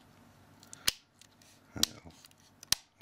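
The plastic rear case of a Samsung Galaxy S2, reassembled during a screen replacement, is squeezed together around its edge so its clips snap into the smartphone frame. Sharp plastic snaps ring out at 0.9, 1.8 and 2.7 seconds, and the case clips are seated.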